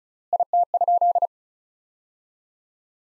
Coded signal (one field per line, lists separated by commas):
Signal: Morse code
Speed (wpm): 34 wpm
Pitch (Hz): 700 Hz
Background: none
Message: IT?